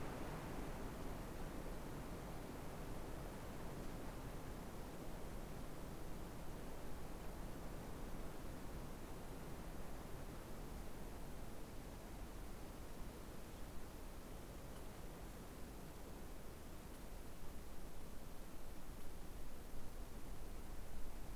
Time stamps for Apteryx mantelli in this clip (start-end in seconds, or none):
none